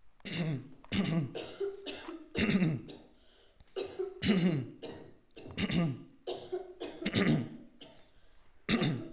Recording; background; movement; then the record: throat clearing; a bystander coughing; sitting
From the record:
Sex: male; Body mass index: 22.0 kg/m2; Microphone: on the chest, facing outward